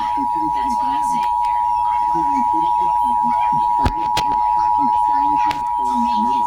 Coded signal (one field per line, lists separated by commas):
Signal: Emergency Alert System (SAME) tones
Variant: 853 and 960 Hz attention tone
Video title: Another tv severe thunderstorm warning (eas #7)